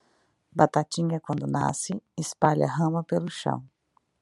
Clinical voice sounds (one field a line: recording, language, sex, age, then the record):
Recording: short text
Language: Brazilian Portuguese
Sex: female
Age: 30 to 39 years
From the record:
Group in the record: control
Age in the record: 39 years